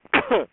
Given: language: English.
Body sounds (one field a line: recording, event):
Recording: throat vibration sensor signal played as sound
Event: cough